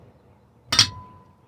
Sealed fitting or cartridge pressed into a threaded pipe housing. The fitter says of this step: And then it'll kind of click into place.